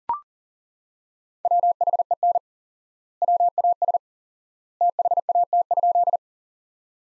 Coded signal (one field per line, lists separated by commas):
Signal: Morse code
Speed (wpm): 40 wpm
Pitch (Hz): 700 Hz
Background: none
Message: WHEN WAS THAT?